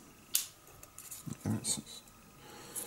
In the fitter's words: it's good when you hear a snapping thing and it's not actually something snapping. I always find.